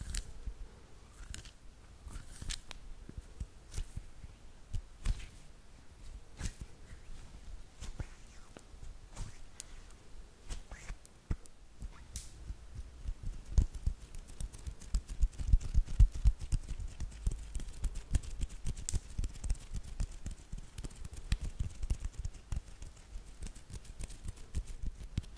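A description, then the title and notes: Hands rub, tap and handle things, making dry scrapes, soft pats and little clicks. Sparse at first, the sounds grow busier after about twelve seconds, with quicker bursts of crisp rustling and light knocks through the end. ASMR HAND SOUNDS (No Talking).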